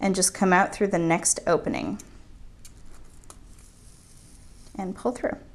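Someone talks while a needle and thread are pulled through a plastic quick start peyote card, with faint rustling and a few small sharp ticks near 2.7 s and 3.2–3.3 s. A size 11/0 glass seed bead is handled on its way to its slot on the card, but nothing has seated or clicked yet.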